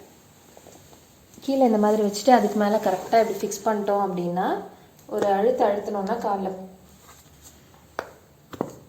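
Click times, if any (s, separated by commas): 8.0 s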